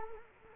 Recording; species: mosquito wingbeat signal from an infrared sensor; Culex quinquefasciatus